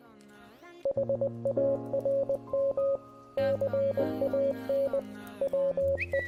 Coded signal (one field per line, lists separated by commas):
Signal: Morse code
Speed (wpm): 20 wpm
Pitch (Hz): 550 Hz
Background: speech, music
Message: HARM CAN WE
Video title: The String: Story of How I Met My Soulmate [Morse Code Dub] (Animation)